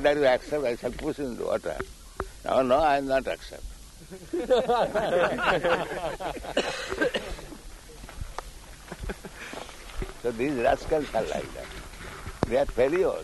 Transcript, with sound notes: "Either you accept or I shall push you in the water." "No, I'll not accept." [laughter] So these rascals are like that. They are failure.